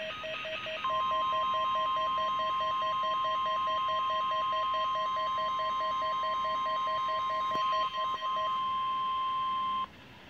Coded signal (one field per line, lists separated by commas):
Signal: Emergency Alert System (SAME) tones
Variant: 1050 Hz attention tone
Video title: Required Weekly Test On Midland WR300 [EAS #265]